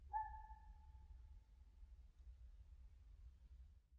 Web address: Ivo Vicic - European mountain forest animals and soundscapes Red fox winter scream naural echo